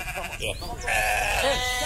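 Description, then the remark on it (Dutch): Sheep bleat loudly in a sustained, wavering cry with a strong harmonic tone, after a shorter bleat at the start, with a faint murmur of voices underneath, as a group of sheep wander into the town hall garden in the morning, chased by officials. “Het zijn niet een groep geiten die vanochtend problemen veroorzaken, maar het zijn de schapen.”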